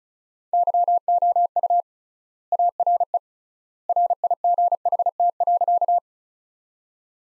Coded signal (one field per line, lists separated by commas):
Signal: Morse code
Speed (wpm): 34 wpm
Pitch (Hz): 700 Hz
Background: none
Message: YOU ARE RIGHT.